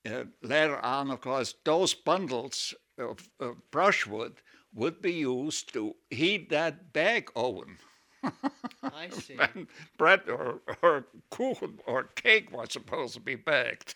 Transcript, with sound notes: later on, of course, those bundles of brushwood would be used to heat that bake oven. (he laughs)
I see.
Bread or Kuchen or cake was supposed to be baked.